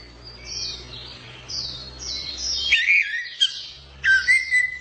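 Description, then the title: Orange-headed thrush song of high scratchy twitters followed by louder whistled slurs, over a faint low hum. Champion songbird, described as singing 'gacor teler doyorng' style. "Suara Burung Anis Merah Gacor Teler Doyorng Juara"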